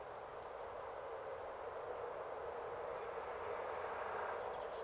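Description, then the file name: Eurasian blue tit song twice, high thin introductory notes leading into a quick shimmering trill, repeated after about three seconds against a continuous low background rush. "Cyanistes caeruleus"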